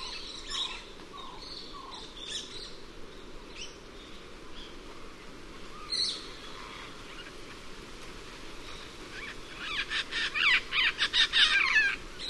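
Cuban parakeet giving harsh, grating screeches: a few scattered faint notes early, then a loud rapid burst of screeches near the end, over a steady low background hiss.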